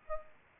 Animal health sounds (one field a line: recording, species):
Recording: mosquito wingbeat signal from an infrared sensor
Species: Aedes aegypti